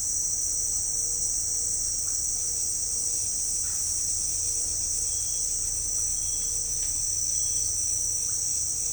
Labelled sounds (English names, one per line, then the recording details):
none
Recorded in pastures near Puerto Asís, Putumayo, Colombia, on 21 December 2024 at 17:30
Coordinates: 0.496, -76.326
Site G004